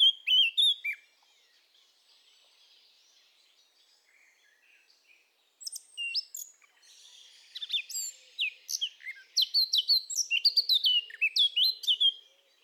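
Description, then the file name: Eurasian blackcap song in two bouts: a brief warble, a long quiet gap with faint chatter, then a busy run of sharp, whistled and scratchy notes. "Sylvia atricapilla"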